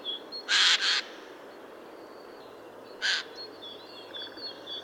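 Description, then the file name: Eurasian jay with a quick double rasping screech followed by a third harsh call, while small birds whistle softly behind. "Garrulus glandarius"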